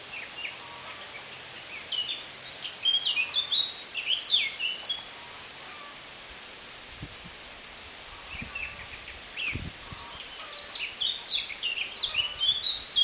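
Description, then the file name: Eurasian blackcap giving two warbling song bouts separated by a pause of about two seconds, with faint low thumps near the start of the second bout. "Sylvia atricapilla"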